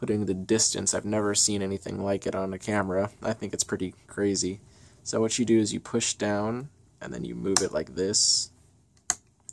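Someone talks while the focusing lever on an antique Kodak No. 3 model C-3 folding camera is pushed down and slid along the bed rail. At 9.1 s a single sharp click is heard as the lever drops into one of the distance notches and seats.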